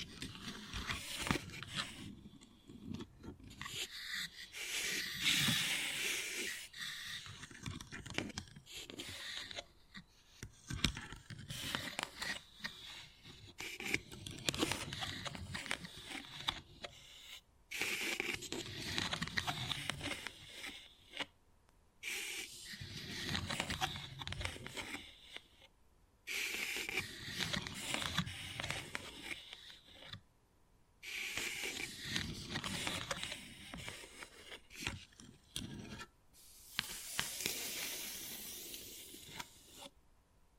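Wood carving with repeated scraping and rasping strokes in uneven bursts, bright and gritty, broken by short silent pauses throughout.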